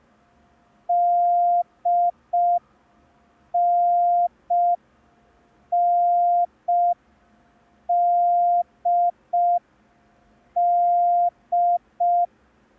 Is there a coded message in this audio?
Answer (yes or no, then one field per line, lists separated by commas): yes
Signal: Morse code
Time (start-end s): 0.9-12.3 s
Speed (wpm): 5 wpm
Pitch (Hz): 700 Hz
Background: none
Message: DNNDD